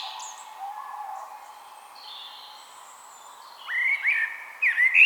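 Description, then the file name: Eurasian blackbird giving a few short fluty whistled notes toward the end after a quiet stretch of faint background sound and hum. "Turdus merula"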